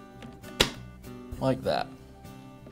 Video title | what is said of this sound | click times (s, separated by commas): Poulan Chainsaw Repair - How to Replace the Guide Bar | I'm applying a little sideward pressure so it'll snap into place when it finds that hole. Like that. | 0.6 s